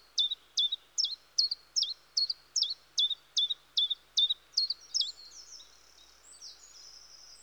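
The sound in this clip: Common chiffchaff song: a steady series of sharp, high chip-like notes, about two or three a second, followed by faint twittering.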